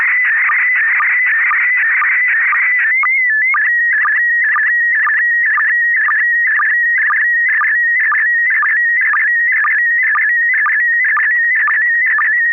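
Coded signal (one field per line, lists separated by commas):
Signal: SSTV (slow-scan television)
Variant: PD 120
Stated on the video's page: Amateur SSTV net on a 441.300 MHz FM repeater in Sacramento, California.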